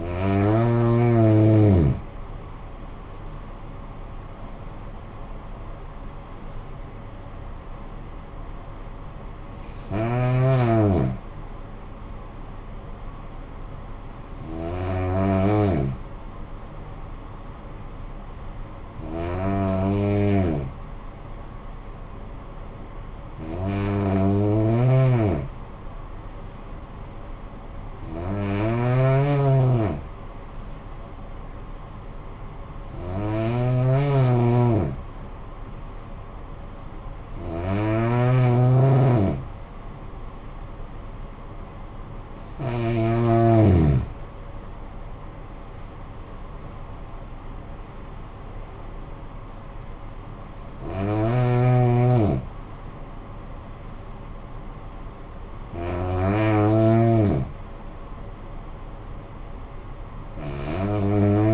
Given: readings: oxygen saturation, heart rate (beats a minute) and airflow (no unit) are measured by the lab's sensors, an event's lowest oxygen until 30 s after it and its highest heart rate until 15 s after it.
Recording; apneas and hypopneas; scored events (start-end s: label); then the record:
breathing in sleep by a smartphone at the bedside; 1
20.00-44.10 s: hypopnea (N2, oxygen 95% highest, then 92% lowest, heart rate 51 at the start, 72 highest)
37.00-61.54 s: new sleep stage, N1 (lightest sleep)
From the record:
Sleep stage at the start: N2 (light sleep); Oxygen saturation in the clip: 92 to 95%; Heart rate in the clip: 48 to 72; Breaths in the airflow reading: 13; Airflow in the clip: -11.7 to 13.3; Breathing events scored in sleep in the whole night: 445 in 7.6 hours asleep